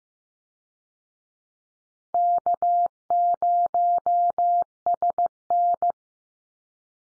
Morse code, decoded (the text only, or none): K0SN